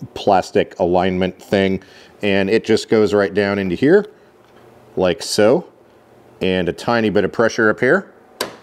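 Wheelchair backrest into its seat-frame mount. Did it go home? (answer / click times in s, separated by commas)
yes / 8.4 s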